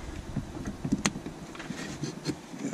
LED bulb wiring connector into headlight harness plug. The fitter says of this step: might have heard the click okay we've got the passenger side in